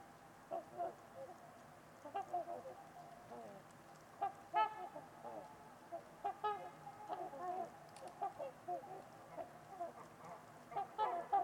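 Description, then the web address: Trumpeter swans calling, repeated nasal honks scattered throughout, some single and some in quick pairs, overlapping at times against a low, steady background. Trumpeter swans at Winters Lake in a deep valley on a winter evening amid deep silence with distant white noise. "Trumpeter Swans on a Winter's Eve. Nick-Mc Mahan Winters-Lake-with-Swan. Wind Is the Original Radio"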